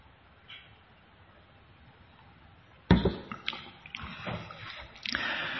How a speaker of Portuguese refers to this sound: Mas, deixa eu tomar água aqui.